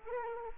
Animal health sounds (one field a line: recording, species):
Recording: mosquito wingbeat signal from an infrared sensor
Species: Anopheles arabiensis